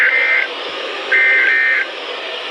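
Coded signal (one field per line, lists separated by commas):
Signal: Emergency Alert System (SAME) tones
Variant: end-of-message bursts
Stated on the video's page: Real alerts: severe thunderstorm warnings and special marine warnings.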